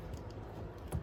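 A Lasfit twist-lock LED high beam bulb is pushed and rotated into the bayonet socket of a Jeep Grand Cherokee headlight housing, with faint low scraping and handling noise throughout. At 0.9 s a short, low knock marks the bulb locking in place, after which it stops rotating and is seated.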